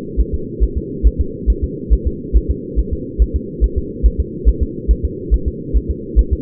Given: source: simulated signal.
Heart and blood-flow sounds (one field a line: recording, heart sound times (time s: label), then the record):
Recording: fetal heart sounds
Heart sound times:
0.20 s: S1
0.34 s: S2
0.63 s: S1
0.77 s: S2
1.07 s: S1
1.21 s: S2
1.50 s: S1
1.64 s: S2
1.93 s: S1
2.07 s: S2
2.36 s: S1
2.51 s: S2
2.79 s: S1
2.93 s: S2
3.22 s: S1
3.36 s: S2
3.64 s: S1
3.78 s: S2
4.06 s: S1
4.20 s: S2
4.49 s: S1
4.63 s: S2
4.91 s: S1
5.05 s: S2
5.34 s: S1
5.48 s: S2
5.76 s: S1
5.91 s: S2
6.19 s: S1
6.33 s: S2
From the record:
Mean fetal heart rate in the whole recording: 140 bpm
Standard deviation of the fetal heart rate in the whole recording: 2 bpm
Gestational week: 34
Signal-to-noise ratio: -4.3 dB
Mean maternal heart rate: 72 bpm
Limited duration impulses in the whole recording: absent